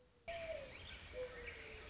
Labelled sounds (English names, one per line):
Mourning Dove